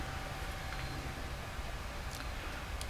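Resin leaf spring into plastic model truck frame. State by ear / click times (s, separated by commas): seated / 2.8 s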